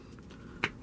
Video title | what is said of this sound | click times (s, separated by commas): NECA Unarmored Assassin Predator Exclusive (The Predator 2018) - Deluxe Yautja Figure Review | you'll hear a pop once it's in so he could pop some other predators in the faces | 0.6 s